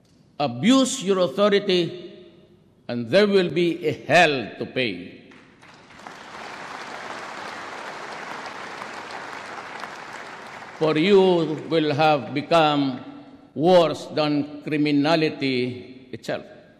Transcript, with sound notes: Abuse your authority, and there will be a hell to pay, [applause] for you will have become worse than criminality itself.